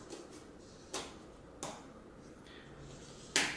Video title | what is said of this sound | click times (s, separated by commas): Galaxy S3 Problems (and how I fixed them) | And this one's the same way. If you push down, you'll feel it snap in here and there. | 0.9 s, 1.6 s, 3.4 s